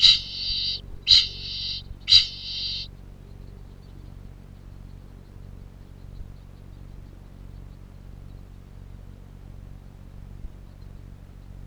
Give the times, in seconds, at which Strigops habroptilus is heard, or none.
0.00-2.89